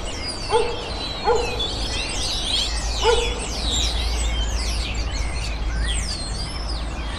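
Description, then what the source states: Birds chirping and whistling in a busy high chorus, with three short lower calls in the first half, over a steady low hum. Birds recorded in a city.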